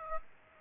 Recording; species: mosquito wingbeat signal from an infrared sensor; Aedes aegypti